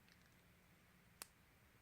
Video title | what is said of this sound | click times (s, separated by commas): Pilot E95s: Quality and Class | that same satisfying click so just | 1.2 s